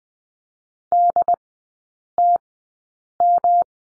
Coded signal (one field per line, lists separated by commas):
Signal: Morse code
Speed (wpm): 20 wpm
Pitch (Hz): 700 Hz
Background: none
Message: DTM